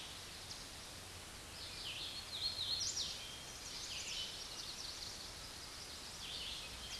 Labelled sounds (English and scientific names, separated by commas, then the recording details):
Hooded Warbler (Setophaga citrina) song
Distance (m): 40 m
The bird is about 15 m above the microphone
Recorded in a Pennsylvania forest on 16 May 2024 at 07:07
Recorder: AudioMoth, point MSD-2258
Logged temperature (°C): 15.2 °C
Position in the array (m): 149 m, 117 m